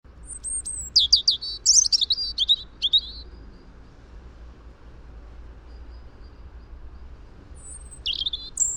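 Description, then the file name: European robin singing a tumbling phrase of high, sharp trills and twitters, then quiet hiss, then a short thin phrase near the end. "Erithacus rubecula"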